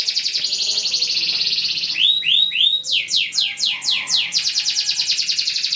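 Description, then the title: Belgian canary song: a steady high buzzy trill, then a run of sweeping slurred notes and a rapid rolling trill that continues to the end. Belgian canary song used to warm up canaries and prompt them to answer and sing within seconds. "Canto Para Esquentar Canário Belga. LANGSUNG NYAUT. Pancingan suara kenari hitungan detik langsung ikut bunyi"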